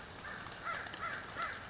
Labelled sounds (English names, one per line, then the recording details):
American Crow
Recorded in Sonoma County, California